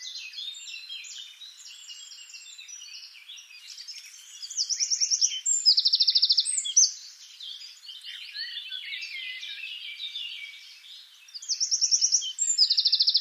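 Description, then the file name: Eurasian wren song with two loud, fast, even trills near the middle and two more near the end, set against a steady chatter of mixed birdsong. "Troglodytes troglodytes"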